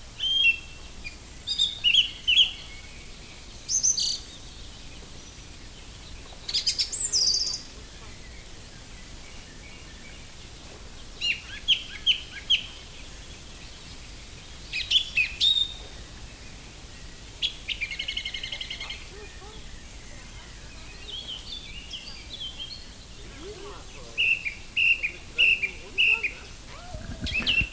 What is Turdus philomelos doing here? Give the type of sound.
song